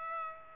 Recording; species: mosquito wingbeat signal from an infrared sensor; Aedes aegypti